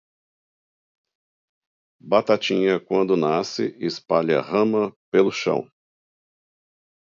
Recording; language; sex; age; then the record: short text; Brazilian Portuguese; male; 60 to 69 years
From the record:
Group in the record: control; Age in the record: 66 years